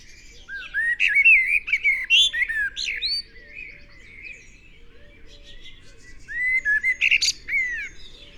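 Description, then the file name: Eurasian blackbird song in two bursts of low fluty warbling with high-pitched scratchy squeaks at the close, separated by a pause filled with faint twitters. "Turdus merula"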